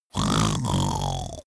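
A single snore from an adult: one low, voiced rumble lasting about a second.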